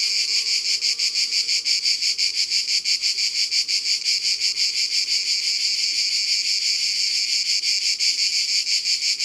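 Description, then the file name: Cicada song, strident buzzing in rapid even throbs near three per second, with a faint low call briefly audible at the start. Cicadas recorded at Ribes, Ardèche, France, as part of a sound-ambience collection by Studio Les Trois Becs. "Cigales-Ribes-Ambiances-Sonores-d Ardeche-Studio-Les-Trois-Becs"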